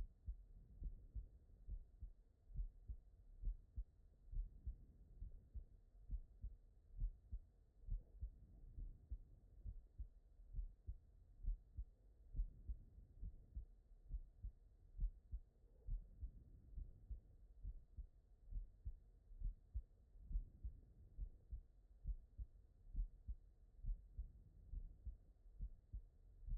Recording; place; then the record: heart sounds by stethoscope; tricuspid valve (TV)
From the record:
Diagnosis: non-HFrEF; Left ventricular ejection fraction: 71%